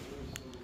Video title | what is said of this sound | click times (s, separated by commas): Caravan Renovation Part 5 A Lot Of Weight 🪨📤 Striped Out & New Bed | Push in until it clicks. | 0.4 s